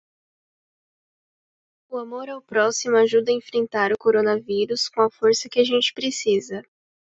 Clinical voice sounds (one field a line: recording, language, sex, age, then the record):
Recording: spoken sentence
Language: Brazilian Portuguese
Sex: female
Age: 20 to 29 years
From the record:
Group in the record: control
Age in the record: 20 years